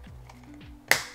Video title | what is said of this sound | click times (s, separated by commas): NEW Blink Outdoor 4 Camera Review & Setup - Too Many Trapped Features! | it does take a little bit of effort to get it snapped into place nicely | 0.9 s